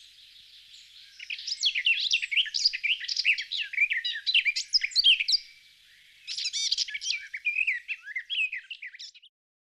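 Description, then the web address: Songbird pouring out fast, jumbled twitters and chirps in two extended bursts, with a brief silence between them. "Звуки Птицы"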